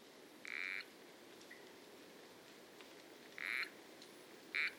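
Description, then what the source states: Frogs and treefrogs: three short calls spaced unevenly over a few seconds against a soft steady background hiss. Frogs and treefrogs recorded in Costa Rica in November–December, edited and mixed into a short musical composition.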